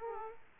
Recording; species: mosquito wingbeat signal from an infrared sensor; Aedes aegypti